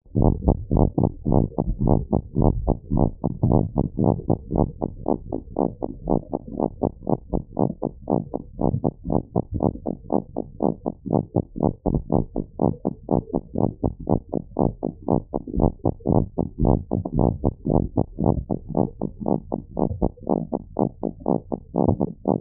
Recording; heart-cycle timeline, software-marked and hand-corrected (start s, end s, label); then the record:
heart sounds
0.00	0.02	S2
0.02	0.18	diastole
0.18	0.36	S1
0.36	0.46	systole
0.46	0.58	S2
0.58	0.74	diastole
0.74	0.88	S1
0.88	0.98	systole
0.98	1.10	S2
1.10	1.28	diastole
1.28	1.44	S1
1.44	1.56	systole
1.56	1.66	S2
1.66	1.82	diastole
1.82	2.00	S1
2.00	2.14	systole
2.14	2.22	S2
2.22	2.38	diastole
2.38	2.54	S1
2.54	2.62	systole
2.62	2.76	S2
2.76	2.92	diastole
2.92	3.08	S1
3.08	3.22	systole
3.22	3.30	S2
3.30	3.44	diastole
3.44	3.62	S1
3.62	3.76	systole
3.76	3.86	S2
3.86	4.00	diastole
4.00	4.16	S1
4.16	4.28	systole
4.28	4.38	S2
4.38	4.54	diastole
4.54	4.70	S1
4.70	4.84	systole
4.84	4.92	S2
4.92	5.08	diastole
5.08	5.18	S1
5.18	5.32	systole
5.32	5.42	S2
5.42	5.60	diastole
5.60	5.70	S1
5.70	5.84	systole
5.84	5.92	S2
5.92	6.08	diastole
6.08	6.20	S1
6.20	6.34	systole
6.34	6.42	S2
6.42	6.58	diastole
6.58	6.70	S1
6.70	6.84	systole
6.84	6.94	S2
6.94	7.10	diastole
7.10	7.20	S1
7.20	7.32	systole
7.32	7.42	S2
7.42	7.60	diastole
7.60	7.70	S1
7.70	7.84	systole
7.84	7.94	S2
7.94	8.10	diastole
8.10	8.22	S1
8.22	8.36	systole
8.36	8.44	S2
8.44	8.60	diastole
8.60	8.72	S1
8.72	8.84	systole
8.84	8.92	S2
8.92	9.08	diastole
9.08	9.20	S1
9.20	9.34	systole
9.34	9.42	S2
9.42	9.56	diastole
9.56	9.72	S1
9.72	9.86	systole
9.86	9.96	S2
9.96	10.14	diastole
10.14	10.24	S1
10.24	10.38	systole
10.38	10.48	S2
10.48	10.64	diastole
10.64	10.74	S1
10.74	10.88	systole
10.88	10.96	S2
10.96	11.12	diastole
11.12	11.24	S1
11.24	11.36	systole
11.36	11.44	S2
11.44	11.62	diastole
11.62	11.74	S1
11.74	11.88	systole
11.88	12.02	S2
12.02	12.14	diastole
12.14	12.26	S1
12.26	12.38	systole
12.38	12.46	S2
12.46	12.62	diastole
12.62	12.74	S1
12.74	12.86	systole
12.86	12.94	S2
12.94	13.12	diastole
13.12	13.22	S1
13.22	13.34	systole
13.34	13.44	S2
13.44	13.60	diastole
13.60	13.72	S1
13.72	13.84	systole
13.84	13.96	S2
13.96	14.10	diastole
14.10	14.22	S1
14.22	14.36	systole
14.36	14.44	S2
14.44	14.60	diastole
14.60	14.72	S1
14.72	14.84	systole
14.84	14.92	S2
14.92	15.10	diastole
15.10	15.22	S1
15.22	15.34	systole
15.34	15.40	S2
15.40	15.56	diastole
15.56	15.72	S1
15.72	15.86	systole
15.86	15.94	S2
15.94	16.10	diastole
16.10	16.26	S1
16.26	16.40	systole
16.40	16.48	S2
16.48	16.62	diastole
16.62	16.80	S1
16.80	16.94	systole
16.94	17.04	S2
17.04	17.18	diastole
17.18	17.32	S1
17.32	17.42	systole
17.42	17.52	S2
17.52	17.68	diastole
17.68	17.84	S1
17.84	17.96	systole
17.96	18.06	S2
18.06	18.22	diastole
18.22	18.38	S1
18.38	18.52	systole
18.52	18.60	S2
18.60	18.76	diastole
18.76	18.88	S1
18.88	19.02	systole
19.02	19.10	S2
19.10	19.26	diastole
19.26	19.40	S1
19.40	19.54	systole
19.54	19.62	S2
19.62	19.78	diastole
19.78	19.90	S1
19.90	20.02	systole
20.02	20.12	S2
20.12	20.30	diastole
20.30	20.42	S1
20.42	20.54	systole
20.54	20.64	S2
20.64	20.80	diastole
20.80	20.90	S1
20.90	21.04	systole
21.04	21.12	S2
21.12	21.28	diastole
21.28	21.40	S1
21.40	21.54	systole
21.54	21.62	S2
21.62	21.78	diastole
21.78	21.96	S1
21.96	22.08	systole
22.08	22.14	S2
22.14	22.28	diastole
22.28	22.40	S1
22.40	22.41	systole
From the record:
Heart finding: abnormal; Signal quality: good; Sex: female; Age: 42 years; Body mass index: 24